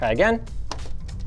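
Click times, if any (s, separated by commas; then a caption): 0.7 s. Someone talks, then the long plastic 24-pin ATX power connector is pressed into the motherboard socket on a second try, giving a sharp snap at 0.7 s as its latch catches. A fainter tick follows at 1.1 s. The connector is seated.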